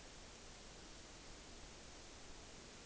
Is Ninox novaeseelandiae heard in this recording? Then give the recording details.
no. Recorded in New Zealand on 9 October 2013. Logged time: 17:00. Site Ponui